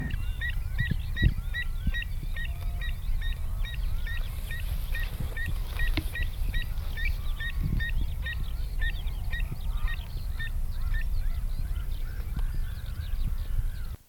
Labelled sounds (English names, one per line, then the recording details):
Pied Avocet call
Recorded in the wild
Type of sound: call
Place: Insel Kirr, Barther Bodden, Mecklenburg-Vorpommern, DE
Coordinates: 54.421, 12.705
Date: 1970-05-24
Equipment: Nagra III BH, Sennheiser MD 421
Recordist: Schubert, Michael
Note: Warnen Säbelschnäbler (Griffgeräusche!) (24. - 25. 5. 1970)